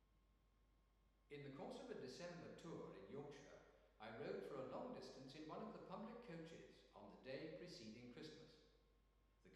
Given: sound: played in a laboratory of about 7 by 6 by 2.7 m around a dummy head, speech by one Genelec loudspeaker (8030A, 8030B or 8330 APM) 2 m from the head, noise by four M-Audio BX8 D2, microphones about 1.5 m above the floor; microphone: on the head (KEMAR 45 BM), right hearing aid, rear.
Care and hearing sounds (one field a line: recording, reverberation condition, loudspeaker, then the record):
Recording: male speech in English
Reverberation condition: high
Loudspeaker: 90 degrees to the right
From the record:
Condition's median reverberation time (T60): about 1300 ms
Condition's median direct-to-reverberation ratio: about -4.0 dB